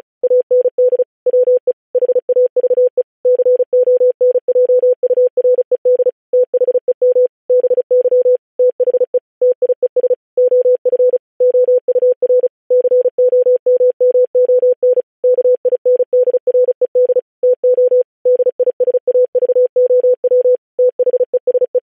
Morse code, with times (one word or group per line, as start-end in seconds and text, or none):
0.2-1.0 AND
1.3-1.7 WE
1.9-3.0 HAVE
3.3-6.1 CONJURED
6.3-7.3 THEM
7.5-8.4 BY
8.6-9.2 THE
9.4-10.1 TIES
10.4-11.2 OF
11.4-12.5 OUR
12.7-15.0 COMMON
15.2-17.2 KINDRED
17.4-18.0 TO
18.3-20.6 DISAVOW
20.8-21.8 THESE